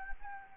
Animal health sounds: mosquito wingbeat signal from an infrared sensor; Anopheles arabiensis

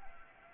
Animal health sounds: mosquito wingbeat signal from an infrared sensor; Anopheles arabiensis

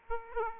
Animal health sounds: mosquito wingbeat signal from an infrared sensor; Aedes aegypti

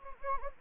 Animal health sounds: mosquito wingbeat signal from an infrared sensor; Anopheles gambiae

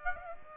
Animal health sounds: mosquito wingbeat signal from an infrared sensor; Aedes aegypti

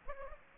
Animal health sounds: mosquito wingbeat signal from an infrared sensor; Aedes aegypti

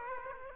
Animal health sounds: mosquito wingbeat signal from an infrared sensor; Aedes aegypti

